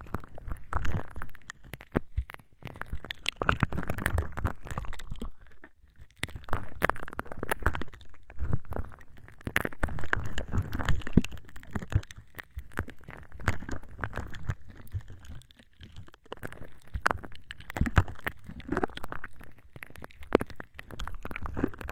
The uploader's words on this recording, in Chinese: 触发音 ‘湿棉棒+耳镜+牙签+抓猫耳朵’。